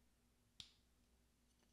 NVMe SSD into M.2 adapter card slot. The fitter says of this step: till you hear that click.